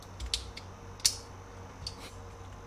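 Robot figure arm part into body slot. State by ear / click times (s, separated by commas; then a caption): seated / 0.3 s, 1.1 s. A plastic/die-cast arm part of a Sentinel (千值练) Super Robot Wars OG SRX combining, fully transforming robot figure (a 3800-yuan figure) is pushed into its body slot, where a ring holds it in a groove. Sharp plastic clicks are heard, the loudest at 0.3 s and 1.1 s, with fainter ones near 0.6 s and 1.9 s. The part snaps into place and is seated, effectively locked in.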